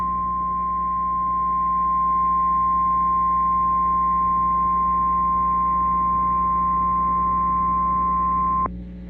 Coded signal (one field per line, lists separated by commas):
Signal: Emergency Alert System (SAME) tones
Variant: 1050 Hz attention tone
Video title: Severe Thunderstorm Warning (MN and WI) (7/28/25) [EAS #187]